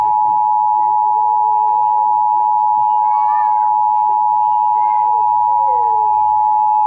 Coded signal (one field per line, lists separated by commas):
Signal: Emergency Alert System (SAME) tones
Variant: 853 and 960 Hz attention tone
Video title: EAS Mock: REICHTANGLE EXPLOSION